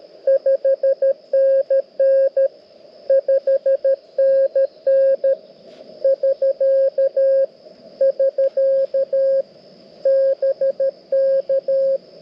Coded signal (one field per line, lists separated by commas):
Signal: Morse code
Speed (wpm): 13 wpm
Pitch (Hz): 540 Hz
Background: radio noise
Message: 5NN 5NN <SK> <SK> BK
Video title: Mountain Topper POTA Activation - 6/8/23 @ K-3684